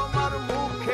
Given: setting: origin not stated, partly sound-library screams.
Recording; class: one-second piece from a danger detection set; normal situation